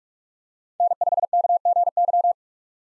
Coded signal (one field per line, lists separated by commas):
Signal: Morse code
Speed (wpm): 41 wpm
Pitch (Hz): 700 Hz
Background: none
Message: N5KGY